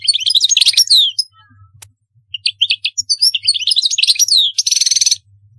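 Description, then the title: European goldfinch song, quick tinkling twitters with rising and falling notes, a short gap, then more twittering closing in a rasping buzzy trill. "Chant Chardonneret"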